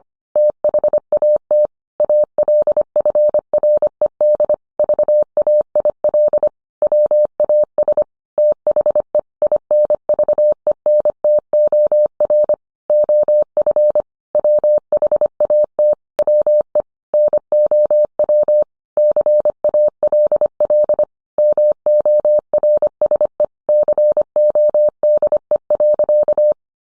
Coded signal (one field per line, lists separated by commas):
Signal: Morse code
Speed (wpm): 25 wpm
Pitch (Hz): 600 Hz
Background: none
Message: THAT ALFRED VAIL WAS THE INVENTOR OF WHAT WE NOW CALL MORSE CODE.